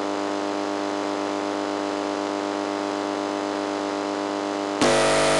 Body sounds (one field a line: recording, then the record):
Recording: brain microelectrode recording played as sound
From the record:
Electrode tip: inside the subthalamic nucleus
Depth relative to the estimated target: -3 mm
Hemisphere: left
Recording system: NeuroSet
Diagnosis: Parkinson's disease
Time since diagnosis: 8 years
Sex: male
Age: 58 years